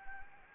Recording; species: mosquito wingbeat signal from an infrared sensor; Anopheles gambiae